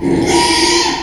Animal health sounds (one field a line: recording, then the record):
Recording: squeal of a Yucatan mini pig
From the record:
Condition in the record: after surgery on the right vocal fold (resection and tissue-engineered implant)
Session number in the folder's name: 2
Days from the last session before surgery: 13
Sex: male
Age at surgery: 12 weeks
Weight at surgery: 13 kg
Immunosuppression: cyclosporine, prednisolone